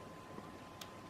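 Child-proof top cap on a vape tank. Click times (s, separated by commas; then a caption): 0.8 s. The child-proof top cap on the vape tank of a VivaKita Fusion mod kit is spun round until it pops down and locks into place, ready to be twisted open for filling. A single short, bright click sounds at 0.8 s over a quiet, steady background hiss with a faint, constant tone. The cap is seated and locked.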